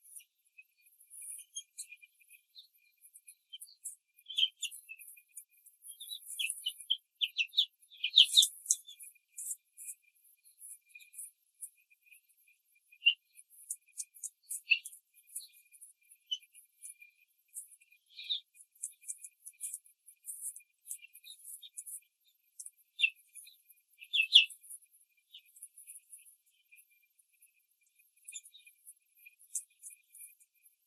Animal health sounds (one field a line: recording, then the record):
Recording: young laying hens in a cage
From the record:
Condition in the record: control cage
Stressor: none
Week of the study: 5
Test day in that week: 1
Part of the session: 2